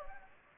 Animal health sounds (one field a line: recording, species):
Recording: mosquito wingbeat signal from an infrared sensor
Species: Anopheles gambiae